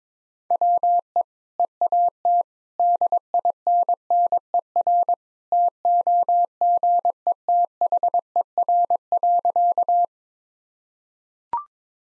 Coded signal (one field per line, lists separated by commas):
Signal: Morse code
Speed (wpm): 22 wpm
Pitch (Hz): 700 Hz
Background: none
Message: WE EAT DINNER TOGETHER.